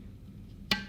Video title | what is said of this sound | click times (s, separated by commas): The Ultimate YETI Rambler & Cap Roundup Review | and it locks into place there | 0.7 s